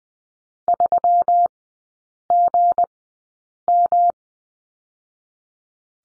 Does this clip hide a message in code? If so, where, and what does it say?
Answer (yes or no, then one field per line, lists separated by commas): yes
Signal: Morse code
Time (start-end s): 0.7-4.1 s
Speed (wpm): 19 wpm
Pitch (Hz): 700 Hz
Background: none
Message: 3GM